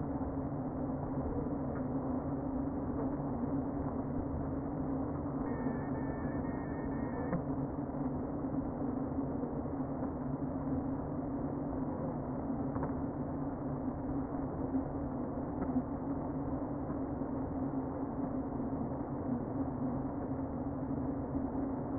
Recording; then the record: honeybee colony, microphone inside the hive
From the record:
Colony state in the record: queen present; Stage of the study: before two queens were removed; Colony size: about 60,000 bees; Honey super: yes